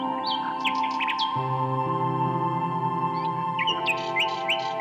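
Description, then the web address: Common nightingale giving varied whistled and upslurred notes in short bursts, while steady low tonal chords hum beneath. "Circlesandlines recordings. h wialenove - nightingale song"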